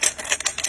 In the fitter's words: and then to the left you'll hear it lock in place giving